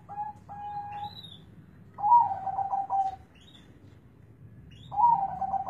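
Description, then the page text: Zebra dove giving rolling, trilled coos in several phrases, with brief high notes in between. Local Indonesian perkutut, a contest bird whose voice is the main judging criterion in song contests. "Suara Perkutut Lokal Asli"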